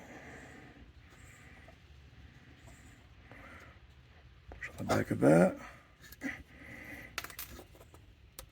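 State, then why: Seated. Someone talks, then pushes on the back of a fitted part to press it into its mount. A sharp click at 7.2 s is followed by a few quick smaller clicks, and the part is seated.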